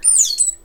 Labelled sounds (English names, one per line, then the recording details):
Stitchbird song
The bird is a male
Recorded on Tiritiri Matangi Island, New Zealand, in 2005
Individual 17, of nest box 25